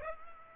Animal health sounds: mosquito wingbeat signal from an infrared sensor; Aedes aegypti

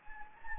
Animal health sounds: mosquito wingbeat signal from an infrared sensor; Anopheles gambiae

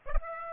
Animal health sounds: mosquito wingbeat signal from an infrared sensor; Aedes aegypti

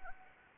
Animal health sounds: mosquito wingbeat signal from an infrared sensor; Anopheles arabiensis

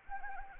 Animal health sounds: mosquito wingbeat signal from an infrared sensor; Anopheles gambiae

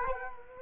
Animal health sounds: mosquito wingbeat signal from an infrared sensor; Culex quinquefasciatus

